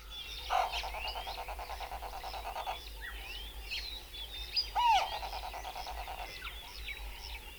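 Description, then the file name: Bare-faced go-away-bird giving a nasal, rattling call in two bouts of rapid pulses, with other birds chirping in the background. "Bare-faced go-away Bird (Corythaixoides personata)"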